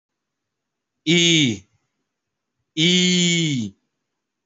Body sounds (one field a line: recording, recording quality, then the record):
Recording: sustained vowel as in beet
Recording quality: excellent, no background noise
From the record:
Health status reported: healthy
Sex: male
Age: 33 years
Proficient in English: yes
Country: India